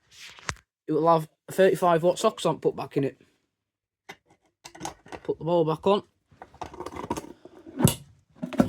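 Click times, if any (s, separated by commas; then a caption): 8.5 s. Someone talks while the plastic anti-vandal ball, the globe of a street light lantern, is refitted onto its housing, with a few soft handling knocks and scrapes in between. The globe is pushed until it latches with a sharp click at 8.5 s, and it is seated.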